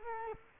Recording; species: mosquito wingbeat signal from an infrared sensor; Culex quinquefasciatus